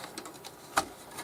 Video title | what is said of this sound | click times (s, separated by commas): Dell Optiplex 7010 MT How to Install a Video Card | think it's in the slot, so you hear a snapping sound. Now the graphics card is in. | 0.8 s